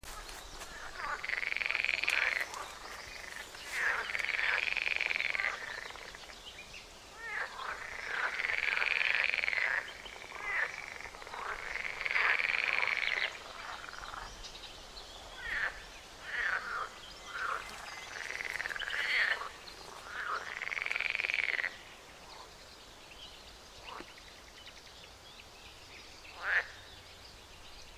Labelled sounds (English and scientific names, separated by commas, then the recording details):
Edible Frog (Pelophylax esculentus) call
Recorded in the wild
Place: Mühlenbecker Land, OT Buchhorst, Naturpark Barnim, Brandenburg, DE
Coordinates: 52.6733, 13.3925
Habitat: pond
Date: 1991-06-09 12:18
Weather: Luft: 21 °C, Wasser: 18,0 °C
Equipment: Uher 4000 Report Monitor, Sennheiser ME 80, K 30 AV, Original
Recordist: Frommolt, Karl-Heinz